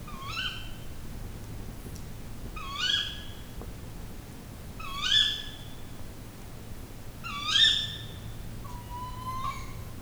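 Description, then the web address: Tawny owl calling with shrill, upward-sweeping notes roughly every two to three seconds, four calls, then a fainter drawn-out note at the end; soft steady hum beneath. Recorded at night in forest in Aggtelek Karst, Hungary, with an Octava microphone. "allathangok termeszetben macskabagoly ejjelazerdoben aggtelekikarszt"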